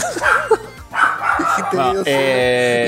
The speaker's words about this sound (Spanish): Mi perro empezó a ladrar. En realidad empezó a ladrar porque vinieron a ver a la bebé y vino alguien que él no conoce. Entonces está como loco.